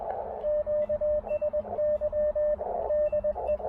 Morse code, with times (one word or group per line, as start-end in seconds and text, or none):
0.4-2.5 QSY
2.9-3.6 DE